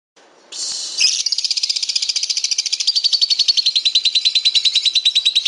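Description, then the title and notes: Lovebird giving a long, fast, high trill of rapidly repeated chirps that slowly drops in pitch after a brief harsh opening. Ngekek trill of a lovebird, a master song used as a lure call for training pet birds. "suara Master Kicau Lovebird ngekek, kicau pancingan"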